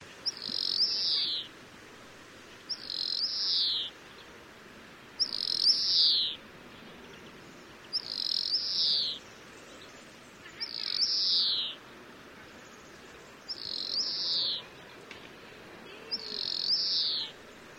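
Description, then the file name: European greenfinch calls: a high, wheezy, drawn-out note repeated seven times, about every two and a half seconds, over faint background noise. "Chloris chloris"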